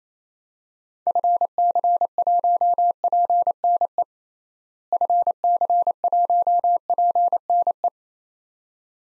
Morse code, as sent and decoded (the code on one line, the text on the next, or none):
..-. -.-. .---- .--. -. . / ..-. -.-. .---- .--. -. .
FC1PNE FC1PNE